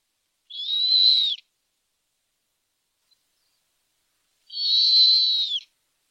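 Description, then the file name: Snowy owl uttering two long, high, level whistles, each ending with a slight downward slide, separated by about three seconds of quiet. Captive bird at a zoo in Pessac near Bordeaux, France. "Harfang des neiges"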